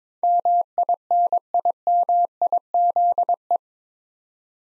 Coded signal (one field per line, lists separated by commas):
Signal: Morse code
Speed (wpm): 22 wpm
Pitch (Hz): 700 Hz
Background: none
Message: MINIMIZE